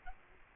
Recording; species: mosquito wingbeat signal from an infrared sensor; Aedes albopictus